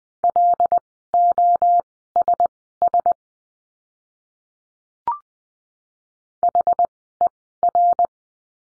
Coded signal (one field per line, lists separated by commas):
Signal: Morse code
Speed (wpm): 20 wpm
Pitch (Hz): 700 Hz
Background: none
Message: LOSS HER